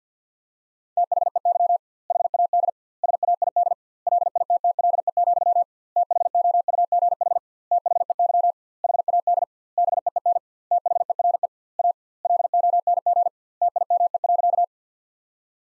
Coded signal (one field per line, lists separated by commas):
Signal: Morse code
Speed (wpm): 50 wpm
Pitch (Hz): 700 Hz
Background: none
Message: THEY HAD SAID LITTLE, THOUGH THEY HAD BEEN THERE A LONG TIME.